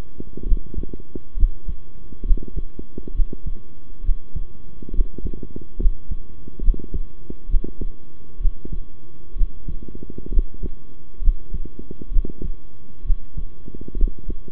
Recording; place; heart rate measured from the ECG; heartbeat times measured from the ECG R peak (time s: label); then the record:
heart sounds by stethoscope; between the tricuspid and mitral areas; 67 bpm
0.45 s: heartbeat
1.36 s: heartbeat
2.24 s: heartbeat
3.14 s: heartbeat
4.03 s: heartbeat
4.92 s: heartbeat
5.79 s: heartbeat
6.62 s: heartbeat
7.48 s: heartbeat
8.39 s: heartbeat
9.35 s: heartbeat
10.31 s: heartbeat
11.21 s: heartbeat
12.11 s: heartbeat
13.04 s: heartbeat
13.96 s: heartbeat
From the record:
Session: rest, sitting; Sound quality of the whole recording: good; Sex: male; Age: 23 years